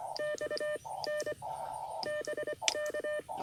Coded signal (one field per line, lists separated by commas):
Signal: Morse code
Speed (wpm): 25 wpm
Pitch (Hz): 1800 Hz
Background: none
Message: XN BK